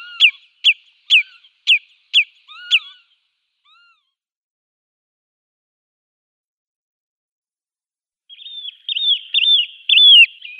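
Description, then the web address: Common redshank giving six evenly spaced sharp whistled notes, then a pause, then a faster run of fluty, down-slurred whistles near the end. "Schulze Peter Common Redshank calls"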